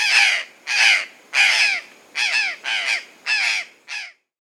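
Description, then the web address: Purplish jay calling: seven harsh, grating caws at roughly half-second intervals, the last one shorter, then silence. South America. "Natures Songs S America Purplish Jay"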